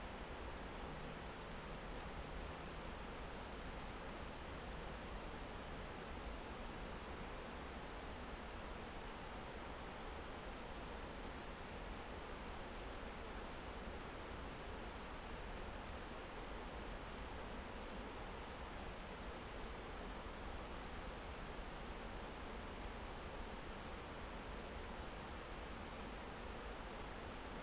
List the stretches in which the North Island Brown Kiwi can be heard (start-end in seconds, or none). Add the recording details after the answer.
none. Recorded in New Zealand on 9 December 2013. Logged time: 23:28. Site DE65